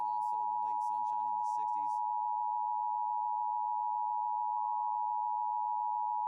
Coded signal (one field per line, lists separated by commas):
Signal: Emergency Alert System (SAME) tones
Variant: 853 and 960 Hz attention tone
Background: speech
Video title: First seasonal national EAS test on WABC 770 (26.02.2020)